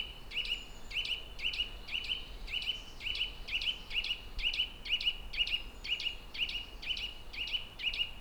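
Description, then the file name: Eurasian nuthatch uttering evenly spaced, ringing notes, around two per second, throughout. "Sitta europaea"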